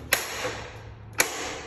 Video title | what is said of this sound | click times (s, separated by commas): PaperTowel dispensers at Saint Philomene school | And you take this door, clicks back in place. | 1.2 s